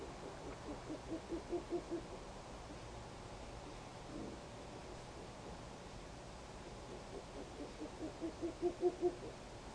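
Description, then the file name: Owl giving two bursts of short low hoots, each a fast run that grows louder, separated by several seconds of quiet hiss. "fukuro 180225"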